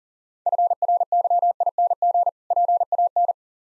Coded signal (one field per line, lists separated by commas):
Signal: Morse code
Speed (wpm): 40 wpm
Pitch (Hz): 700 Hz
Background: none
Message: FRYING PAN